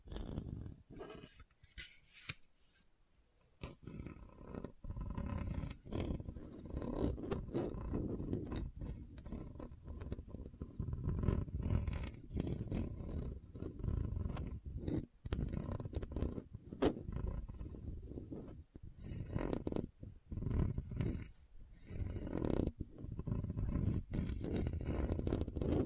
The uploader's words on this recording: ASMR Hard and Bumpy Surface Scratching (No Talking).